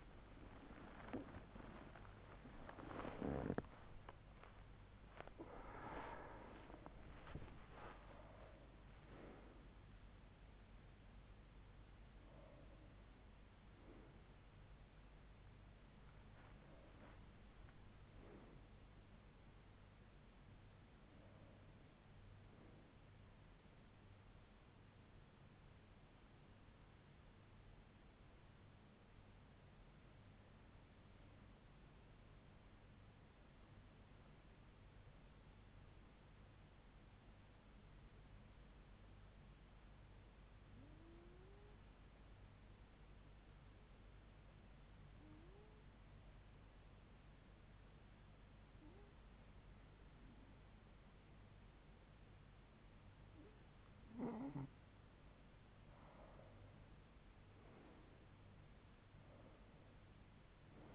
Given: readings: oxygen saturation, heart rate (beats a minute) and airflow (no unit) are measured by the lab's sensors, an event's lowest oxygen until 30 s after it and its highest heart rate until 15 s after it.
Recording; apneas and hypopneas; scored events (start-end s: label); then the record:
breathing in sleep by a voice recorder at the bedside; 1
9.00-60.95 s: new sleep stage, N1 (lightest sleep)
23.00-51.70 s: hypopnea (N1, oxygen 99% highest, then 92% lowest, heart rate 79 at the start, 79 highest)
From the record:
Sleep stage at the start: REM sleep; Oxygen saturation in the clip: 94 to 100%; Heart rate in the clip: 66 to 91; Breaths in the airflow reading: 13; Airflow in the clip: -8.4 to 8.5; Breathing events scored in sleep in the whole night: 158 in 7.3 hours asleep